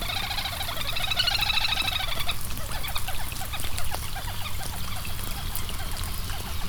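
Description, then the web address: Northern lapwing call, one drawn-out wheezy, nasal note near the start, then only the constant hiss and patter of rain. Several lapwings recorded in the rain. "EXTREME SOUND 2. Lapwings (Vanellus Vanellus) and Rain"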